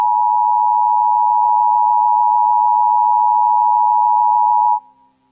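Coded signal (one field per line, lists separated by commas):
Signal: Emergency Alert System (SAME) tones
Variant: 853 and 960 Hz attention tone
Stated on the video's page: Fictional simulated EAS alert containing valid EAS tones.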